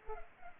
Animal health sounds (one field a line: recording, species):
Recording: mosquito wingbeat signal from an infrared sensor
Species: Culex pipiens